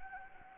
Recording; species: mosquito wingbeat signal from an infrared sensor; Anopheles gambiae